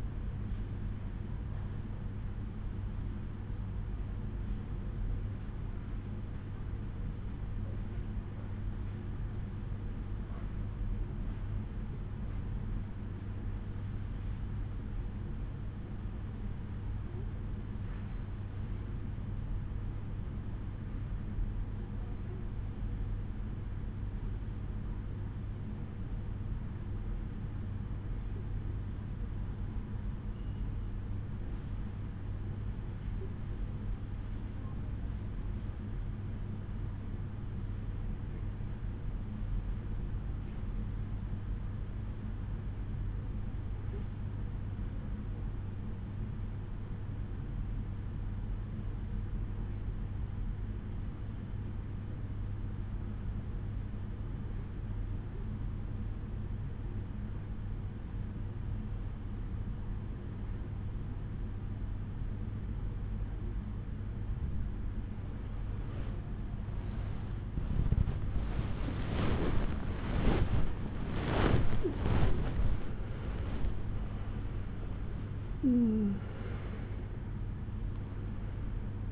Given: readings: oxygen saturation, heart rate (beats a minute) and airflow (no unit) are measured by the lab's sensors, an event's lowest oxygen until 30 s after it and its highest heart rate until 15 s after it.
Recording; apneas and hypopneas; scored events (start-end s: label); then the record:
breathing in sleep by a smartphone at the bedside; 1
3.00-64.80 s: hypopnea (N2, oxygen 95% highest, then 89% lowest, heart rate 63 at the start, 77 highest)
68.00-79.12 s: new sleep stage, awake
72.00-79.12 s: awake
From the record:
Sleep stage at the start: N2 (light sleep); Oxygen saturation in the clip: 89 to 95%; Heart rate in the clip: 58 to 77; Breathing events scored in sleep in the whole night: 187 in 7.2 hours asleep